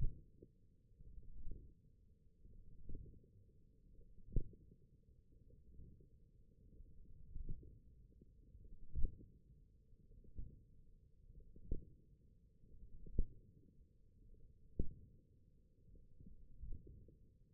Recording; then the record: forearm muscle sounds (acoustic myography)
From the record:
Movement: wrist extension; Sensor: system 1, eight BSWA MPA416 microphones around the upper forearm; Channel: 5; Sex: male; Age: 21 years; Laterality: right